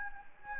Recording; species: mosquito wingbeat signal from an infrared sensor; Anopheles gambiae